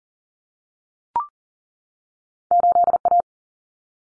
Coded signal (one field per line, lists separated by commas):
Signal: Morse code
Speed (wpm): 40 wpm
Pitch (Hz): 700 Hz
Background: none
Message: 8A